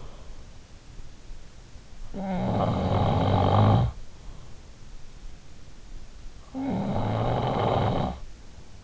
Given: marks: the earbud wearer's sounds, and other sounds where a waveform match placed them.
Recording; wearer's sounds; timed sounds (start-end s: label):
sounds in sleep by an in-ear microphone; snoring breath
1.70-4.56 s: snoring breath
6.16-8.84 s: snoring breath